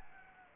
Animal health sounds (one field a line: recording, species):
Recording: mosquito wingbeat signal from an infrared sensor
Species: Anopheles gambiae